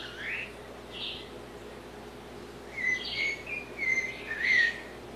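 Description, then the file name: Blue-bellied parrot song: two soft notes, a quiet gap, then a burst of bright whistled notes in the second half. "Canto do sabia cica"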